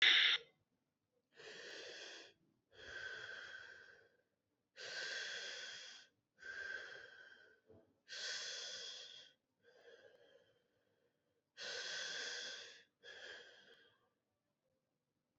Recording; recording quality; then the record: deep breathing; excellent, no background noise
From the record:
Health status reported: COVID-19 positive, mild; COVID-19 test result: positive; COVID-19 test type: RT-PCR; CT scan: not taken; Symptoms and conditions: cold, sore throat, fever, fatigue, muscle pain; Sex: male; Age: 26 years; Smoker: no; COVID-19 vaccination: both doses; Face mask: not worn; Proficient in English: yes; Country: India